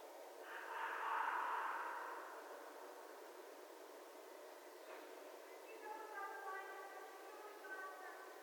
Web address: Red Fox 2012 01 11 Red Fox